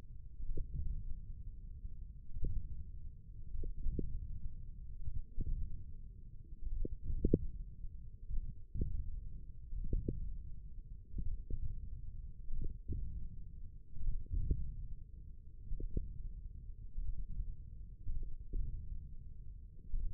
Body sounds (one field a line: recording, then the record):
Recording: forearm muscle sounds (acoustic myography)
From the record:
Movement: wrist extension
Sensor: system 1, eight BSWA MPA416 microphones around the upper forearm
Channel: 4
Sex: male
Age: 28 years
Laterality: right